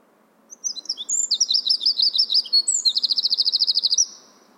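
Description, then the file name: Eurasian wren song: a loud, high, rapid outpouring of sharp notes that runs into a fast rattling trill, about four seconds long, over quiet background hiss. "Troglodytes troglodytes"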